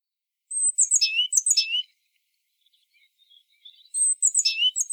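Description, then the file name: Great tit calls: two bursts of high, thin notes that sweep sharply downward, given in quick clusters with a pause of about two seconds between bursts. "Parus major"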